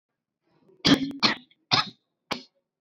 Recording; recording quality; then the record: shallow voluntary cough; excellent, no background noise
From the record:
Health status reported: recovered from COVID-19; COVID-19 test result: negative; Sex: female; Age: 33 years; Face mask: not worn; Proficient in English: yes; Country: India